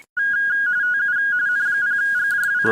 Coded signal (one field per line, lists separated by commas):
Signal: RTTY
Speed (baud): 45.45 baud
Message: TU N0GJW